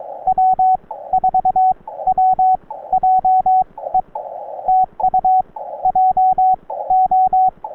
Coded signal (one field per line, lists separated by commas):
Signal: Morse code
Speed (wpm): 22 wpm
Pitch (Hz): 750 Hz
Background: radio noise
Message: W4WJE TU JO